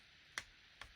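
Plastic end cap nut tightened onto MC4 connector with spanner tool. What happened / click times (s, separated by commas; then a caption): The tool slipped with a click, the nut is at its limit / 0.4 s, 0.8 s. An MC4 spanner tool tightens the plastic end cap nut onto an MC4 connector and gives two sharp clicks at 0.4 s and 0.8 s as it slips. The nut won't tighten any further, so this is the point to stop: the spanner is calibrated for these connectors, and overtightening could crush the sealing washer and make it leak.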